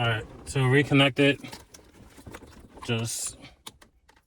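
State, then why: Seated. While refitting the speedometer lens on the dash of a 7th-generation Nissan Maxima, the start-stop switch wiring connector is plugged back into its dash socket as someone talks. A sharp click at 3.7 s marks the connector latching, followed by a few softer ticks and handling sounds. The connector is seated.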